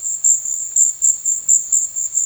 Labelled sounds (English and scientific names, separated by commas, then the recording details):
none
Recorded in secondary vegetation near Puerto Asís, Putumayo, Colombia, on 4 March 2025 at 14:30
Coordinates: 0.499, -76.323
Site G094